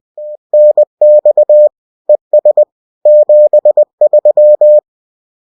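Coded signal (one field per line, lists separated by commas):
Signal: Morse code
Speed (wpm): 20 wpm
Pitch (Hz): 600 Hz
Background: none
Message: NX ES 73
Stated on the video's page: CW park activation at Hagerman National Wildlife Refuge using Yaesu FT-891.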